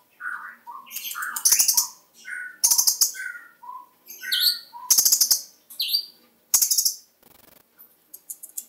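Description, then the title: Small bird song, a lively run of high chirps, sweeping whistles and rapid buzzy trills, broken by short pauses. "Burung Kecil"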